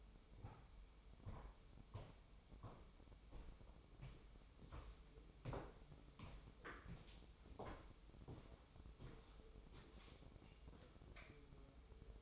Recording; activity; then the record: daily activity, microphone in the room; walk to room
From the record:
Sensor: 1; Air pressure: 988.2 hPa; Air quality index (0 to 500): 195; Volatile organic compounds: 916 ppm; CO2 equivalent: 5220 ppm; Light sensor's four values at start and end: 26/97/37/39 and 26/96/36/38